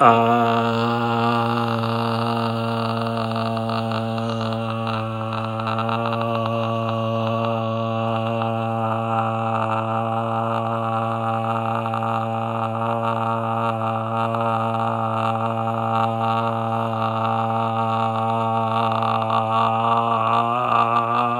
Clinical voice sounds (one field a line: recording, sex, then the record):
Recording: sustained vowel /a/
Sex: male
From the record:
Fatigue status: no fatigue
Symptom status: symptomatic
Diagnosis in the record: COVID-19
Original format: m4a